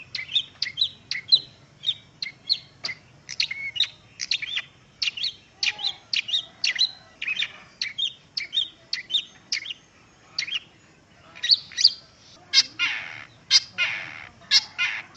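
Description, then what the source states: Long-tailed shrike song, a long run of short, sharp chirping notes in quick succession. Song with tokay gecko imitations, called isian tokek in Indonesian.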